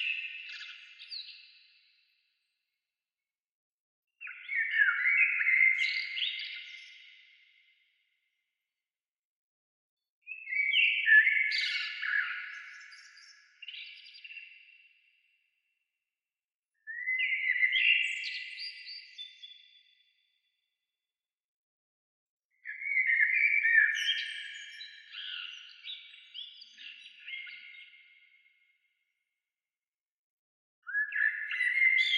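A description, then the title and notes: Birds chirping and singing in clear phrases that last two to five seconds, separated by silent gaps of a few seconds. Each phrase is bright and fast, a tumbling run of twittering notes. Nothing else is heard between the songs. Birds chirping, birds singing.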